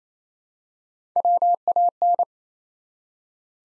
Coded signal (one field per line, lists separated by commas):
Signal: Morse code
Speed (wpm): 27 wpm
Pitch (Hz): 700 Hz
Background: none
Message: WAN